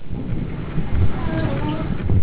Baby heartbeat.